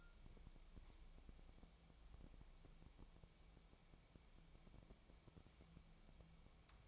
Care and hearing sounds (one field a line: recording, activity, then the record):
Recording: daily activity, microphone in the room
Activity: wipe stove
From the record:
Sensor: 1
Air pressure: 1001.6 hPa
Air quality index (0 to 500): 217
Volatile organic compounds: 27 ppm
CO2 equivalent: 2888 ppm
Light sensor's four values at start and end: 7/28/10/11 and 7/28/10/11